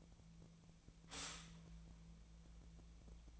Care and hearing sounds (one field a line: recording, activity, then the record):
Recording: daily activity, microphone in the room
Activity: stop toaster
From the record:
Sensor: 1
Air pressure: 1009.3 hPa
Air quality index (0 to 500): 196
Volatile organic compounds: 20 ppm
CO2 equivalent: 2680 ppm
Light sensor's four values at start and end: 28/71/29/35 and 28/71/29/35